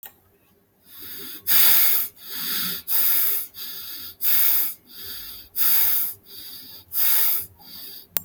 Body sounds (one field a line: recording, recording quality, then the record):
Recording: shallow breathing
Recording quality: excellent, no background noise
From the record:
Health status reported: healthy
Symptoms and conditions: none ticked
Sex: male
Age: 34 years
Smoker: not ticked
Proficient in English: yes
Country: India